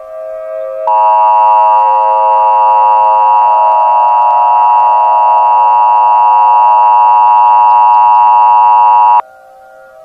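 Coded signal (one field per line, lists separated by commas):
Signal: Emergency Alert System (SAME) tones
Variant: 853 and 960 Hz attention tone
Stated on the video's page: Fictional EAS scenario, remastered, using valid EAS tones with voice actors.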